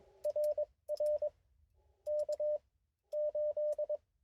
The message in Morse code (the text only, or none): RR K 8